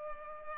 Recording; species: mosquito wingbeat signal from an infrared sensor; Culex pipiens